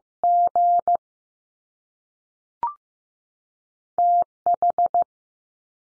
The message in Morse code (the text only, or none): G T H